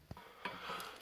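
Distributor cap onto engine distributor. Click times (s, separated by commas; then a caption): 0.5 s. A new distributor cap is lined up by its slot and pressed down onto the distributor of a Bobcat M-610 skid-steer engine. After a faint knock at 0.1 s, a sharp snap at 0.5 s marks the cap seating into place, followed by a scraping, rubbing sound to the end of the clip.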